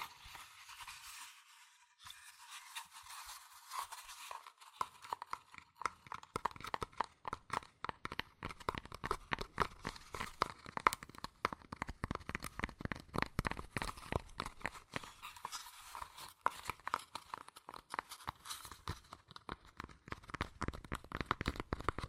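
Fast tapping and scratching on cardboard and paper, starting as a soft hiss, then dense rapid taps and scrapes throughout from about five seconds.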